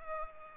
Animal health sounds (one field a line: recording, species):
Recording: mosquito wingbeat signal from an infrared sensor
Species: Culex pipiens